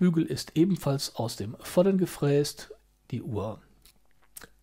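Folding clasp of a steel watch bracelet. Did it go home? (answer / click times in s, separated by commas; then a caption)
yes / 4.4 s. Someone talks, then the large, solid steel folding clasp of a Corazon del Mar Meridian Chronograph bracelet, with its bar milled from solid and a ratchet extension, is closed by hand. It snaps shut with a sharp click at 4.4 s, and the clasp locks in cleanly.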